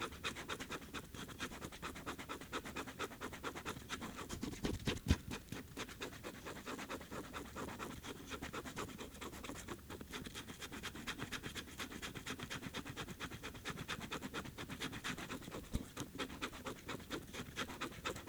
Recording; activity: daily activity, guitar pickup as the sensor; write